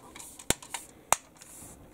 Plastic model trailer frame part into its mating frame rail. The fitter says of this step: yeah pretty much snaps into place